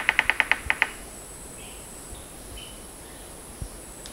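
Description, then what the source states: Rufous piculet giving a quick burst of about seven sharp, high, evenly spaced notes in under a second, followed by quiet with faint bird notes and a steady high hiss. Recorded at Danum on 7 August 2009.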